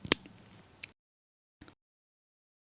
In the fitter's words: push down all the way until you hear a click